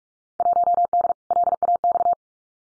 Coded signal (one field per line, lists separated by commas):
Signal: Morse code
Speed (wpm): 46 wpm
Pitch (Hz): 700 Hz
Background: none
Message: 1D LAX